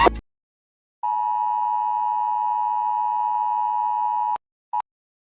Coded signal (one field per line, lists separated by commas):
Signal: Emergency Alert System (SAME) tones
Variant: 853 and 960 Hz attention tone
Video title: [EAS Scenario] If the Locust Horde was Real (Part 6)